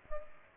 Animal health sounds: mosquito wingbeat signal from an infrared sensor; Culex pipiens

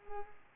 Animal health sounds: mosquito wingbeat signal from an infrared sensor; Culex pipiens

